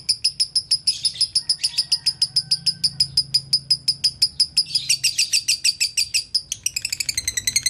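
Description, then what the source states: Lovebird song with a rapid string of piercing high chirps that turns into a denser, faster stuttering chatter near the end. Lovebird tutor recording in the konslet song style, used to train other lovebirds.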